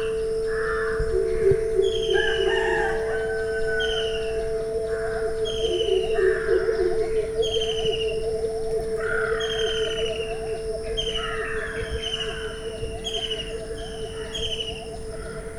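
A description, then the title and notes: Several birds call back and forth in a south Indian forest, with repeated bright, falling whistles recurring every second or so and lower chattering bursts near the start and middle. A steady high tone and a low hum run underneath throughout. The forest in south India where I wake up to a handful of bird conversations.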